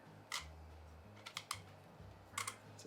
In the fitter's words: a strange noise but i don't think it's a click